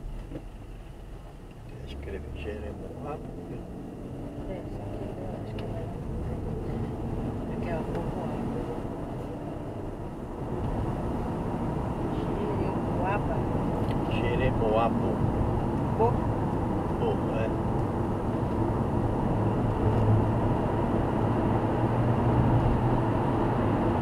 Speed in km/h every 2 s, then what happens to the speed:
23, 36, 46, 56, 62, 69, 74, 77, 77, 86, 95, 97.
0-24 speeds up to 97.